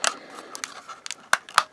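The plastic fuel tank, held by a clip at the front of a Bachmann Class 66 model locomotive chassis, is squeezed and teased during a motor change, producing small clicks and handling noise. It then gives way with two loud, sharp clicks at 1.3 s and 1.6 s as the clip snaps free and the tank is released.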